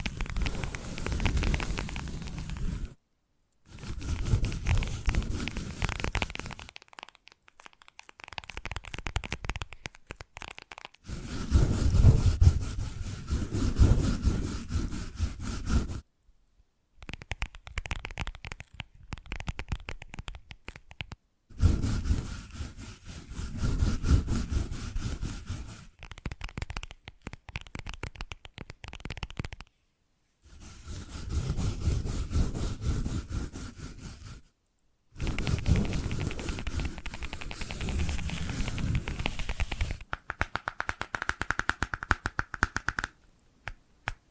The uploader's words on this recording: Invisible Tapping, Scratching, Tracing.